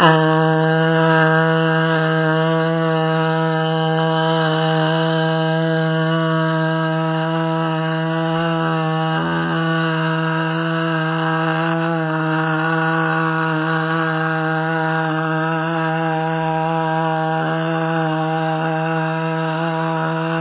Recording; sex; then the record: sustained vowel /a/; female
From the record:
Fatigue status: no fatigue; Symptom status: symptomatic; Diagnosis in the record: COVID-19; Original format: 3gp